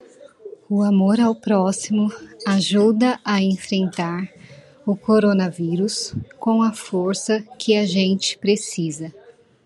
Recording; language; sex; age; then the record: spoken sentence; Brazilian Portuguese; female; 30 to 39 years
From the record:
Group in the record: control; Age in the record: 35 years